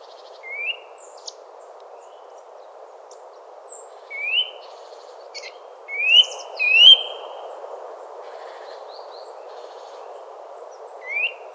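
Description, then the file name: Eurasian nuthatch calls: short, clear rising whistles at irregular intervals, one in a quick pair, over a steady low rushing background noise with faint high notes. "Sitta europaea"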